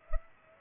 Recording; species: mosquito wingbeat signal from an infrared sensor; Culex pipiens